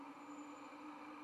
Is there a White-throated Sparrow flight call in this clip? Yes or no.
no